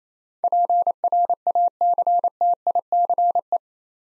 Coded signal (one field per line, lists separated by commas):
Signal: Morse code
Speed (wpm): 28 wpm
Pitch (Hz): 700 Hz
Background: none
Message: PRACTICE